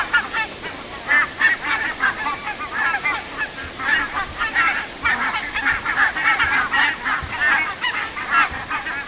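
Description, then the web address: Barnacle goose flock giving steady overlapping barking honks, many birds yapping together in an unbroken clamour. "linnut valkoposkihanhet"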